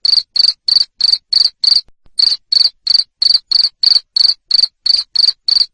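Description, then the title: Cricket chirps, a steady train of loud high-pitched pulses about three per second, broken once by a short gap early on. Loud cricket chirping (ngerik) to stimulate lovebirds into continuous singing (ngekek). "Suara JANGKRIK NGERIK Keras Bikin LOVEBIRD Jadi NGEKEK Terus Vubey"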